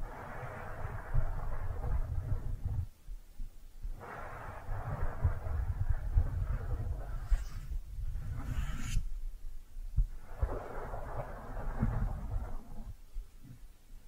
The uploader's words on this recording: ASMR Your Brain is Fluffy Like Cloud Cozy Brushing, Squishy Triggers for Sleep (No Talking).